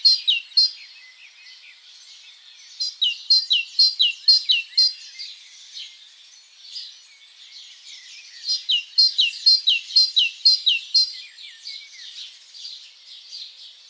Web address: SETE data Parus major